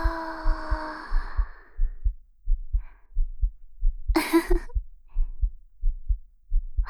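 Soft, regular low thumps at about 90 a minute, an adult woman's heartbeat, perhaps running fast again, heard with the listener's head hugged against her chest.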